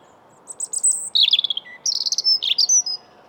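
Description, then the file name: European robin song with very high thin notes, tumbling twittery trills and a brief low whistle, then a second busy phrase of sparkling high notes. "Erithacus rubecula"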